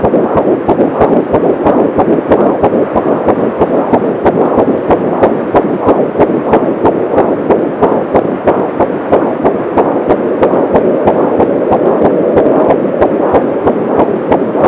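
A fast, steady pulsing whoosh with regular sharp clicks runs throughout: the quick, galloping rhythm of a fetal heartbeat as heard through an ultrasound Doppler.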